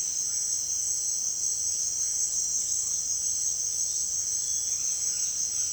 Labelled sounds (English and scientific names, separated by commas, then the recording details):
none
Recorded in dense forest near Puerto Asís, Putumayo, Colombia, on 4 March 2025 at 17:30
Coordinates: 0.481, -76.323
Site G088